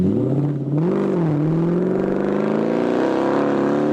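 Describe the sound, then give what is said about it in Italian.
A Jaguar car engine revs loudly and continuously, its deep harmonic growl wavering briefly before climbing steadily in pitch as the throttle builds, with no voices over it. “Questa era una Jaguar, eh?”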